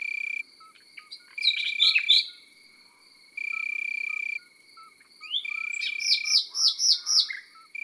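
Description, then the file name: Common nightingale song of chirps, a rising whistle and a series of repeated sharp notes, between steady bursts of cricket trilling. Countryside setting. "Rossignol philomele - Chants d'oiseaux dans la campagne"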